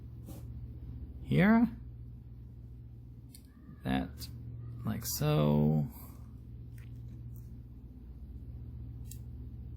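Someone presses a tiny clip-on plastic part, possibly the windshield or shell piece, onto the body of an N-scale MicroAce Resort Hybrid A9593 model train car, making faint small taps around 3.4, 6.8, 7.4 and 9.1 seconds while someone talks. The part fails to snap on, and nothing has seated or clicked yet.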